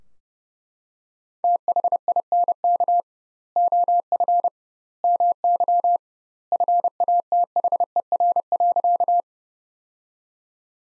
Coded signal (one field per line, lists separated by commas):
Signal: Morse code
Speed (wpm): 30 wpm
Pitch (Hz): 700 Hz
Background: none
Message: THINK OF MY FATHER.